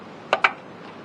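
A SATA data cable is plugged into the SATA 1 port on a motherboard and snaps into place. Two short, sharp clicks are heard at 0.3 s and 0.5 s, and the cable is seated in the port.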